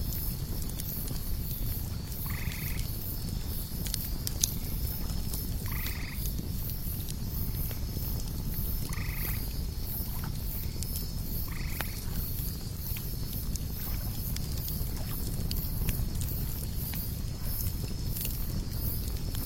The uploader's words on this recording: The heart-warming fire at the ultimate lakeside camp, the soothing and relaxing natural night cicadas.